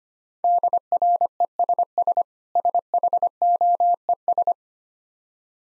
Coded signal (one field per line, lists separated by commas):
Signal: Morse code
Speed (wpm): 25 wpm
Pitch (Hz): 700 Hz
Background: none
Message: DRESS SHOES